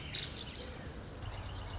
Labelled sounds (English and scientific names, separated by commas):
Nuttall's Woodpecker (Dryobates nuttallii)